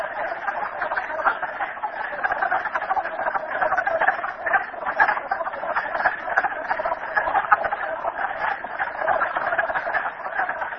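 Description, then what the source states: Frogs calling together in a thick, unbroken chorus of quick rattling croaks that swell and ease slightly without pause. Recorded at Merryspring.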